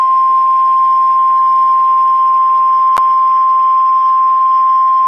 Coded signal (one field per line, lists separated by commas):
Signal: Emergency Alert System (SAME) tones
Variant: 1050 Hz attention tone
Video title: EXCLUSIVE ACTUAL video recording of EAS Tornado Watch 517 Audio Video (10/10/21)